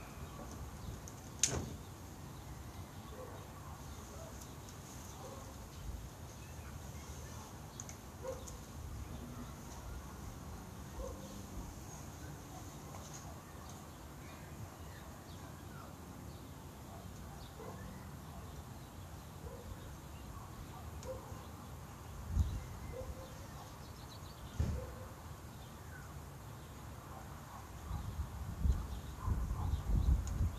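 City sounds heard from a garden: a steady low rumble runs throughout, with scattered short chirps and calls dotting the middle range. A sharp knock comes near the start, a few thuds around 22 and 25 seconds, and louder bumping clusters near the end.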